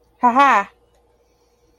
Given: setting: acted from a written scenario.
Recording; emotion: vocal sound without words; pride